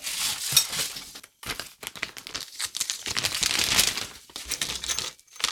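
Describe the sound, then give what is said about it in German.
A plastic bag crinkles and rustles as it is handled, in bursts of bright, crackly noise with a few short pauses between, fairly loud and with no one talking. “Dann nehmen wir doch mal diese formschöne Tüte.”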